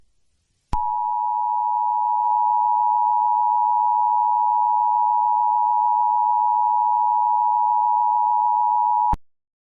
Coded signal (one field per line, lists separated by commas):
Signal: Emergency Alert System (SAME) tones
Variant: 853 and 960 Hz attention tone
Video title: RobotBoy: Full EAS Scenario